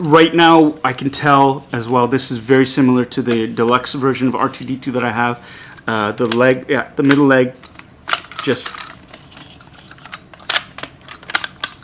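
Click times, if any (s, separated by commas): 11.6 s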